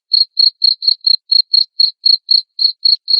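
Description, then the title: Cricket chirping: brisk high pulses at around four per second, even in pitch and spacing, with nothing else heard. Loud chirping of a cricket, played to stimulate lovebirds into continuous singing. "Suara JANGKRIK NGERIK Keras Bikin LOVEBIRD Jadi NGEKEK Terus Vubey"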